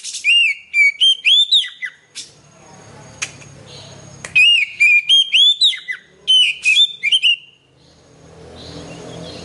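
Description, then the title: Oriental magpie-robin song: bright whistled phrases of rising and falling notes with sharp chips, delivered in two loud bursts separated by a quiet pause with low rumble. "Kacer"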